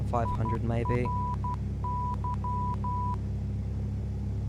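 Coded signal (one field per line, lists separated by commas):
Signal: Morse code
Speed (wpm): 12 wpm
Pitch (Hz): 990 Hz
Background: speech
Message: IRY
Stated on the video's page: Morse heard in the Flight Simulator X game.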